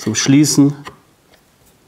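Someone talks while a 23 mm cabinet door mock-up is pressed shut against a push-to-open (tip-on) latch mechanism. After the talking stops, a short, faint click is heard at 1.3 s as the latch catches. The door latches in and is held closed.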